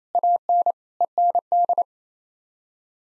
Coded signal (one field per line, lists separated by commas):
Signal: Morse code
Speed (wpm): 28 wpm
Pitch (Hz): 700 Hz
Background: none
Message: AN END